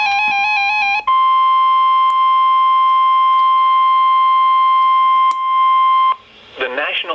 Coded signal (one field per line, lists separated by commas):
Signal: Emergency Alert System (SAME) tones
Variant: 1050 Hz attention tone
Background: speech, music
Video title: Severe Thunderstorm Warning (EAS #1,055) 7/23/17